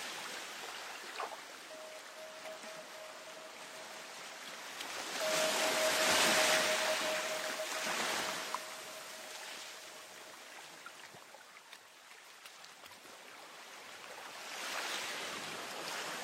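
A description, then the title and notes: Waves wash in with a steady hiss, swelling into a louder surge around six to nine seconds and again near fifteen. A thin, steady tone hums faintly underneath from about two to ten seconds, and a few brief clicks appear early on. Dreamy waves.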